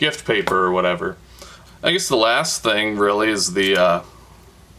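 Someone talks while handling a pocket multitool, about to flip its small screwdriver bit out toward its open detent position in the handle, where it pops into place but has no lock holding it there. Only speech is heard, and nothing has seated or clicked yet.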